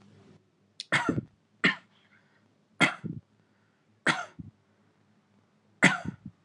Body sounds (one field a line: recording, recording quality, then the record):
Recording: shallow voluntary cough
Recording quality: moderate, slight background noise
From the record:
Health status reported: healthy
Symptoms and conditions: none ticked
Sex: male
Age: 27 years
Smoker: yes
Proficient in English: yes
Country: India